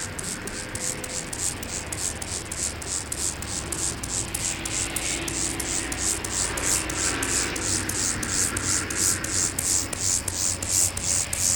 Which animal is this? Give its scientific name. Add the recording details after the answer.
Chorthippus mollis. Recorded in the wild. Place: Karower Teiche, Naturpark Barnim, Berlin, DE. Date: 1992-09-27 12:22. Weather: sonnig, 17-22°C. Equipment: Marantz CP 430, Sennheiser ME 80, Kopie Tesla B 116. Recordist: Tembrock, Günter. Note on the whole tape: Karower Fischteiche; Männchen am Weibchen und Werbestrophe